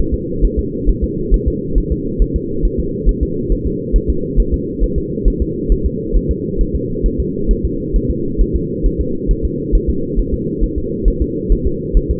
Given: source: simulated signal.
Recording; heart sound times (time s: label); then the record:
fetal heart sounds
0.14 s: S2
0.45 s: S1
0.59 s: S2
0.89 s: S1
1.04 s: S2
1.34 s: S1
1.48 s: S2
1.78 s: S1
1.92 s: S2
2.22 s: S1
2.36 s: S2
2.65 s: S1
2.80 s: S2
3.09 s: S1
3.23 s: S2
3.52 s: S1
3.67 s: S2
3.96 s: S1
4.10 s: S2
4.40 s: S1
4.54 s: S2
4.84 s: S1
4.98 s: S2
5.28 s: S1
5.42 s: S2
5.72 s: S1
5.86 s: S2
6.17 s: S1
6.31 s: S2
6.61 s: S1
6.75 s: S2
7.06 s: S1
7.20 s: S2
7.51 s: S1
7.65 s: S2
7.96 s: S1
8.10 s: S2
8.41 s: S1
8.56 s: S2
8.86 s: S1
9.01 s: S2
9.31 s: S1
9.45 s: S2
9.75 s: S1
9.90 s: S2
10.19 s: S1
10.34 s: S2
10.64 s: S1
10.78 s: S2
11.08 s: S1
11.22 s: S2
11.52 s: S1
11.67 s: S2
11.97 s: S1
12.11 s: S2
From the record:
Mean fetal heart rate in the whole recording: 135 bpm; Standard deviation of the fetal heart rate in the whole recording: 3 bpm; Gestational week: 36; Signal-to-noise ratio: -6.6 dB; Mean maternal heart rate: 72 bpm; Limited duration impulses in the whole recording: present